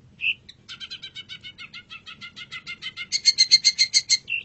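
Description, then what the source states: Long-tailed shrike song, a rapid even stuttering run of rattling notes that grows louder, framed by short squeaky notes. Masteran (tutor) song recording of the long-tailed shrike, known locally as cendet.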